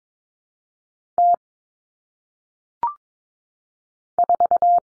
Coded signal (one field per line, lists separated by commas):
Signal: Morse code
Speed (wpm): 22 wpm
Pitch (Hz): 700 Hz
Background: none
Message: T 4